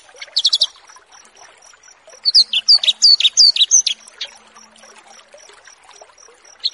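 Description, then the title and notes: Bush lark song as a short phrase of sharp, downslurred high chirps, following a brief opening flourish, over a faint steady high pipping. Song tutoring for cage birds. "burung BRANJANGAN"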